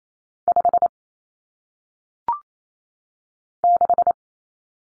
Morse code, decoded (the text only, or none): 5 6